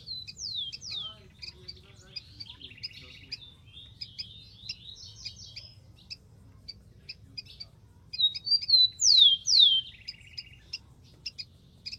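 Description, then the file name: Rufous-collared sparrow song repeated twice, each phrase a couple of descending whistles closing with a brief buzzy trill, while quiet chirping continues between phrases. "canto do tico tico"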